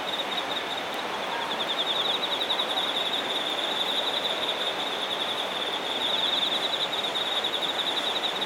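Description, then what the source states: Insect song, a steady pulsed high trill that carries on throughout, over a broad hiss of background noise. Shinagawa, Japan.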